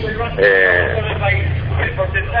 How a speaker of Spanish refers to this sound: ¿Esa bocina está indicando la movilización de mañana? Sí, sí, sí. Ajá. Esta es la bocina que va a salir ahora. Ajá. Va a salir del municipio ahora